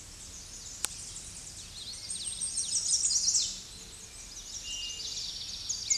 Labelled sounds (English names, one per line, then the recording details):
Chestnut-sided Warbler song
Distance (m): 20 m
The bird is about 10 m above the microphone
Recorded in a Pennsylvania forest on 16 May 2024 at 07:44
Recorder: AudioMoth, point MSD-1405
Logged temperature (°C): 15.6 °C
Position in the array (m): 167 m, 207 m